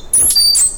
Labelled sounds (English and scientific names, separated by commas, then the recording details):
Stitchbird (Notiomystis cincta) song
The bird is a male
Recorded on Tiritiri Matangi Island, New Zealand, in 2005
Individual 1, of nest box 1